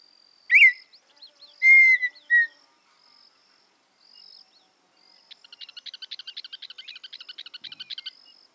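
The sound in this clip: Campo miner song: a few loud slurred whistles, then a long even run of rapid buzzy notes lasting about three seconds, over a steady high insect drone.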